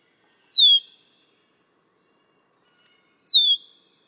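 Red-winged blackbird giving two identical high whistles about three seconds apart, each sliding steeply downward and fading, with quiet between them.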